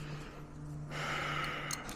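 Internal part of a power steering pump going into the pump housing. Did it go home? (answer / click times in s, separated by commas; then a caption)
yes / 1.7 s. On a bench, an internal part of an International 4700 truck power steering pump, likely a vane or the retainer, is pushed into the pump housing during reassembly. A steady low hum and broadband hiss that grows louder from about 0.9 s are broken by a single short click at 1.7 s. The part slides into place and is seated.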